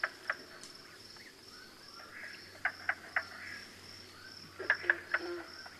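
Mink frog uttering scattered hollow knocks, a few spaced singles and then a short cluster near the end, against a continuous high buzz.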